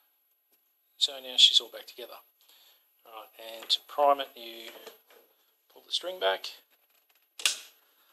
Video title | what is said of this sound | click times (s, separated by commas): Nerf Diamondista performance Mod | locks into place, and you're ready to fire. | 7.5 s